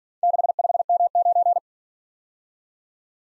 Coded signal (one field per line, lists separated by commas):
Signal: Morse code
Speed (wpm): 47 wpm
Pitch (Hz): 700 Hz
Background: none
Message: 65M9